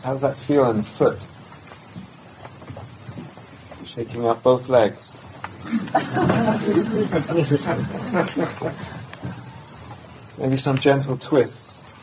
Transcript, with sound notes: How does that feel in the foot? Shaking out both legs. [laughter] Maybe some gentle twists.